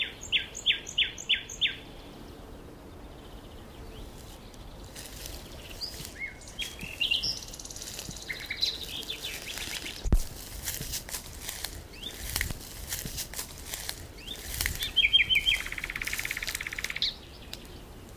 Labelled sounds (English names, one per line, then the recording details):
Common Nightingale song
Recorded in the wild
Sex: male
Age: adult
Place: Berlin, OT Blankenfelde, Tegeler Fließ, Berlin, DE
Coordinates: 52.6253, 13.3928
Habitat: grove
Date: 1988-04-30 11:07
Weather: sunny, 16-20°C
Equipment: Nagra SN, Kopie Tesla B 116
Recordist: Tembrock, Günter
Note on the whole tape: Blankenfelde, Wäldchen am Standrohr. Männchen: Gesang